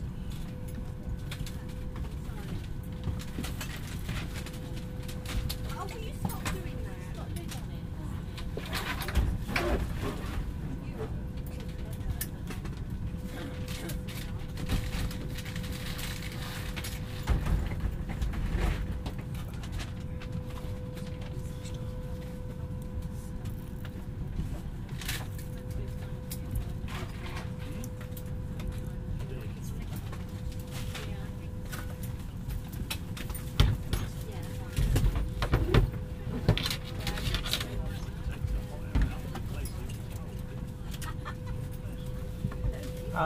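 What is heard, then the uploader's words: Inside a plane on a flight from London Stansted to Skiathos, a steady low engine roar fills the whole stretch, with a constant thin whine held above it. Faint voices murmur underneath, and brief clicks and knocks break through now and then. This week features a flight from London Stanstead airport to the Greek island of Skiathos. Binaural.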